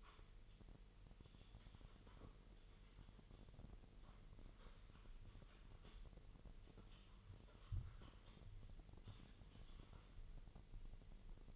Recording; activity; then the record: daily activity, microphone in the room; typing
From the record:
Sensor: 4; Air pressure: 1002.9 hPa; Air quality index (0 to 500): 248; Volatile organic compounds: 19 ppm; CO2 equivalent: 2652 ppm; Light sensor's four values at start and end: 5/12/4/5 and 5/12/4/5